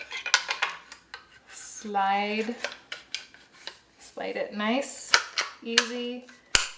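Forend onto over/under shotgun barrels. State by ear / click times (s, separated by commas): seated / 6.5 s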